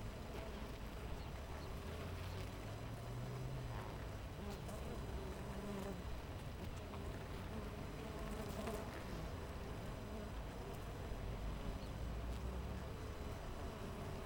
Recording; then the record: honeybee colony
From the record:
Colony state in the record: missing queen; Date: 14 July 2017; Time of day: 6:50